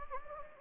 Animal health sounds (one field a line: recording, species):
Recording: mosquito wingbeat signal from an infrared sensor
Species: Anopheles gambiae